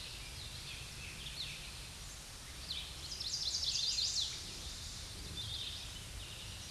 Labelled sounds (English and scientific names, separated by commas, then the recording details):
Chestnut-sided Warbler (Setophaga pensylvanica) song
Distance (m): 30 m
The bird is about 5 m above the microphone
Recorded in a Pennsylvania forest on 16 May 2024 at 06:52
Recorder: AudioMoth, point MSD-2146
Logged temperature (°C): 16.7 °C
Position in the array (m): 150 m, -1 m